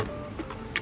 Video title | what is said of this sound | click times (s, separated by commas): New LED Rear Lights (INSTALL) GONE WRONG | and then it should have locked into place | 0.8 s